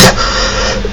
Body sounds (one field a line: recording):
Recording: coughing